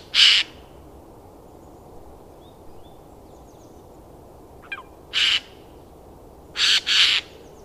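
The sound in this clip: Eurasian jay harsh, rasping screeches: one at the start, another after a long pause, then a quick pair near the end, with a faint brief chirp between.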